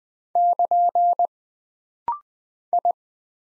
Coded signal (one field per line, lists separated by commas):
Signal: Morse code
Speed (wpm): 20 wpm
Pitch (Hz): 700 Hz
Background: none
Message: <KN> I